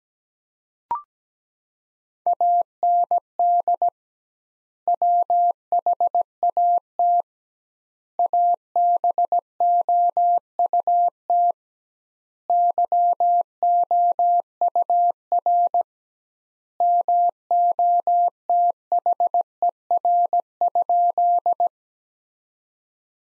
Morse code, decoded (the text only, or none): AND WHAT ABOUT YOUR MOTHER?